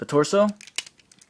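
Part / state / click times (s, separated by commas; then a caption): plastic torso piece into action figure body / seated / 0.8 s. Someone talks as a plastic torso piece of a transforming action figure is pushed into its slot on the body during transformation. A sharp pop at 0.8 s marks the piece seating into place, followed by a few faint plastic ticks.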